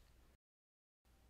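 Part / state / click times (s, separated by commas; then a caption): disc lock locking pin into lock body / not seated / none. The locking pin of a metal XENA XZZ6L alarm disc lock is handled before being pushed down into the lock body to close it. Faint, steady broadband noise plays until about 0.4 s, then there is total silence until about 1.0 s, and the same faint noise returns to the end. Nothing has seated or clicked yet.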